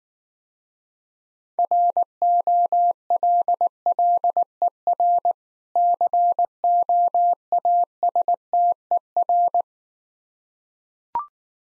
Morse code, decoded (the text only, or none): ROLLER COASTER